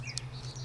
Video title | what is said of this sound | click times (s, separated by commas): Pantographic Knives Redefined! Legaler Hirschfänger. (Dual Language) | So if I push this together, it kind of snaps in. See? It locks in place. | 0.2 s